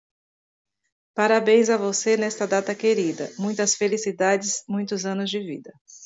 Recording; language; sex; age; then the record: short text; Brazilian Portuguese; female; 50 to 59 years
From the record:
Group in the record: control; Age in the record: 52 years